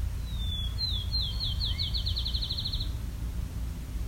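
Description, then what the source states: Field sparrow song: clear high whistled notes speeding up into a rapid even trill, like a bouncing ball, over a steady low engine rumble. Recorded in Westover, Ontario, with airplanes circling overhead making it very noisy.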